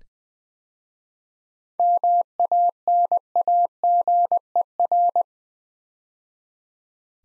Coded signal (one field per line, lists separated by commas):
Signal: Morse code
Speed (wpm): 20 wpm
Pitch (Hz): 700 Hz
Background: none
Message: MANAGER